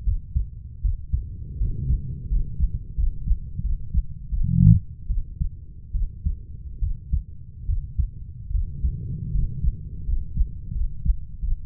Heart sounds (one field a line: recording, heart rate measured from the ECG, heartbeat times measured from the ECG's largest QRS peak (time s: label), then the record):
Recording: heart sounds by stethoscope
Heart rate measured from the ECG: 79 bpm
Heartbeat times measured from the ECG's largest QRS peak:
0.05 s: heartbeat
0.82 s: heartbeat
1.59 s: heartbeat
2.29 s: heartbeat
2.96 s: heartbeat
3.62 s: heartbeat
4.30 s: heartbeat
5.08 s: heartbeat
5.93 s: heartbeat
6.80 s: heartbeat
7.67 s: heartbeat
8.52 s: heartbeat
9.32 s: heartbeat
10.05 s: heartbeat
10.73 s: heartbeat
11.40 s: heartbeat
From the record:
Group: healthy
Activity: rest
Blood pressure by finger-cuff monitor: 124/42 mmHg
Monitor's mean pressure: 68 mmHg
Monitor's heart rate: 78 bpm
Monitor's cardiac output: 11.4 L/min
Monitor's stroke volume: 148 mL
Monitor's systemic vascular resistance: 430 dyn s/cm5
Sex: female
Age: 32 years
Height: 168 cm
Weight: 61.9 kg